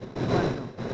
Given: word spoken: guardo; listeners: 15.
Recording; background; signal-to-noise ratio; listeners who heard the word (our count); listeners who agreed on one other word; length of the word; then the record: one Spanish word in noise, from a listening test; noise modulated by three-talker babble; -7.8 dB; 0 of 15; 6 of 15; 0.54 s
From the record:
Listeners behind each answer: 6, 2, 2, 1, 1, 1, 1, 1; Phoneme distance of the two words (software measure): 30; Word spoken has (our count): 2 syllables, 6 phonemes, stress on syllable 1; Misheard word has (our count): 2 syllables, 6 phonemes, stress on syllable 1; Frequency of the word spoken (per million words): 4.10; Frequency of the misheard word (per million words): 1686.38